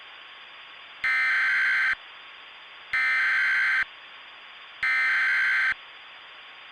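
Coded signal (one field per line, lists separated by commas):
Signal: Emergency Alert System (SAME) tones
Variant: header bursts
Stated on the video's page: Fictional analog-horror EAS scenario.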